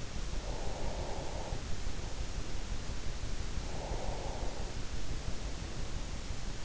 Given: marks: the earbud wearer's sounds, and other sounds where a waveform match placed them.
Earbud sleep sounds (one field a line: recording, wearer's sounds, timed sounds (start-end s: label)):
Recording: sounds in sleep by an in-ear microphone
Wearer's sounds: breath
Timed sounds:
0.46-2.31 s: breath
3.70-5.97 s: breath